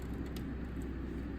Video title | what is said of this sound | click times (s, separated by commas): The Reality of Building A PC | Okay, we're plugged in. I think it click and everything. Yeah, I hear a click. | 0.4 s